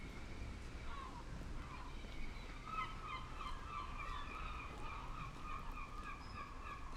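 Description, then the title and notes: Gulls calling in a steady stream of rapid, repeated yelping notes throughout, with a low background rumble. Gulls with lapping water in the fishing harbour of Reine, Sørvågen, Norway, at noon; all calm, fishermen, tourists and traffic; recorded on a MixPre-6 II with DPA 4041 microphone in Cinela PIA2. "PORT DE PECHE AU REPOS _ Gamle Sørvågen 12, 8392 Sørvågen, Norvège - MOUETTES ET CLAPOTIS PORT DE PECHE. MOUETTES ET CLAPOTIS dans le port de Reine. Il est midi et tout est calme, pêcheurs, touristes et circulation"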